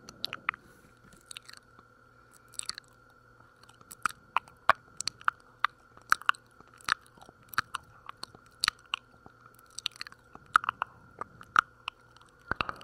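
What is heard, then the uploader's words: Wet mouth and kissing sounds: sharp, irregular smacks and clicks several times a second over a steady faint tone and low hum. Wet Mouth and Kissing Sounds. No talking.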